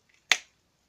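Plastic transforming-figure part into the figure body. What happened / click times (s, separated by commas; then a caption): The plastic part snapped into place / 0.3 s. A plastic part of a Transformers Fall of Cybertron Grimlock figure is pushed into position on the figure body during transformation and snaps into place with one loud, sharp snap at 0.3 s. Two faint ticks come just before it, and the snap rings briefly before quiet. The part is seated.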